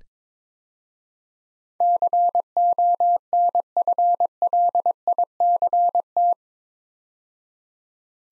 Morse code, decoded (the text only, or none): CONFLICT